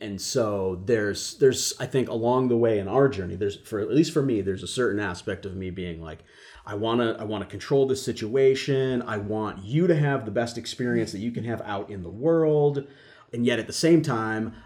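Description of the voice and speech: Clear, fluent adult male conversational speech with natural pauses and steady voice; typical speech without disorder. The speaker is the partner of a stroke survivor, talking with her in the Health Story Collaborative piece 'Learning to Understand Each Other Post-Stroke'.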